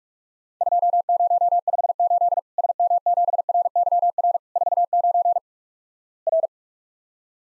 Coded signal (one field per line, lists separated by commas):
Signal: Morse code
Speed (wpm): 46 wpm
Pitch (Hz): 700 Hz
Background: none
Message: 2058 SM7RYR 49 R